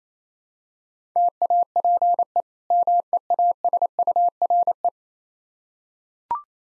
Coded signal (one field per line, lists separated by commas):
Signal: Morse code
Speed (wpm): 28 wpm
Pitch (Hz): 700 Hz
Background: none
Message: TAPE MEASURE